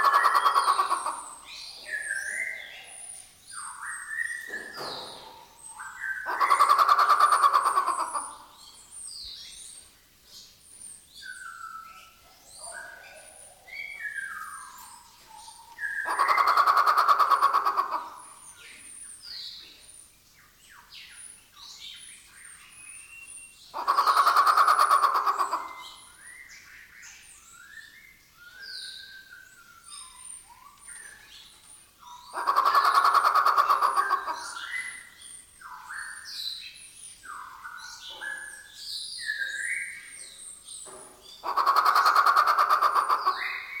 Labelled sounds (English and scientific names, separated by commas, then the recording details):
White-rumped Shama (Copsychus malabaricus)
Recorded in captivity
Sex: male
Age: adult
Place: Zoo Berlin, Berlin, DE
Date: 1997-01-18 14:13
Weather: bedeckt, -1°C
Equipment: Nagra SN, Kopie Uher 4000 Report Monitor
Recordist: Tembrock, Günter